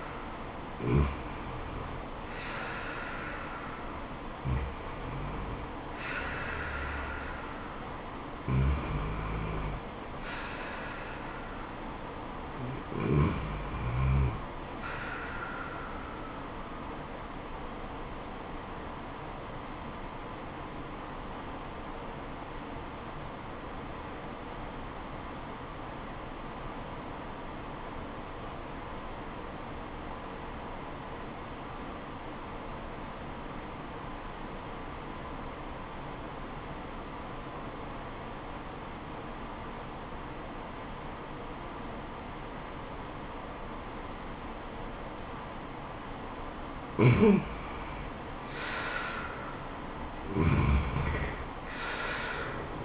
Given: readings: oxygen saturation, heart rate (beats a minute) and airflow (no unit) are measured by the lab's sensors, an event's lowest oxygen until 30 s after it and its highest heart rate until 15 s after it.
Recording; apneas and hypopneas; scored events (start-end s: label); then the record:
breathing in sleep by a voice recorder at the bedside; 1
5.00-52.85 s: new sleep stage, N1 (lightest sleep)
19.00-48.70 s: obstructive apnea (N1, oxygen 97% highest, then 79% lowest, heart rate 81 at the start, 81 highest)
From the record:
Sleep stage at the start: N2 (light sleep); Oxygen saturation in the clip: 85 to 97%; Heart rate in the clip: 73 to 84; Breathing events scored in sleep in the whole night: 426 in 7.4 hours asleep